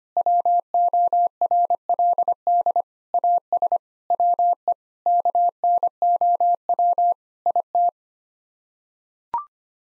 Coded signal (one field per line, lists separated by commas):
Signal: Morse code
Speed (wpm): 25 wpm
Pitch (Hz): 700 Hz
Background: none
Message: WORLD AS WE KNOW IT